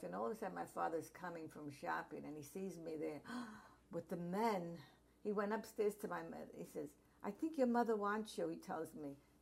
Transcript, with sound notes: All of the sudden my is coming from shopping and he sees me there (gasps) with the men, he went upstairs to my mother he says "I think your mother wants you" he tells me.